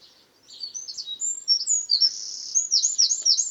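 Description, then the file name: Eurasian wren with a quick run of high sharp notes and a buzzy trill, ending in rapid repeated chirps. "Troglodytes troglodytes"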